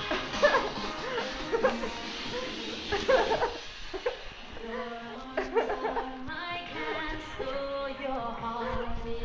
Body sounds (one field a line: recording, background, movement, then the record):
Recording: laughter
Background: music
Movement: walking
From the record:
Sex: female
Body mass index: 18.8 kg/m2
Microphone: on the chest, facing the body